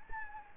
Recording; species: mosquito wingbeat signal from an infrared sensor; Anopheles gambiae